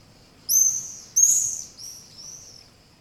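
Swallow calls: a few sharp, high twittering chirps, the first two loudest, then softer trailing notes, over faint low background rumble.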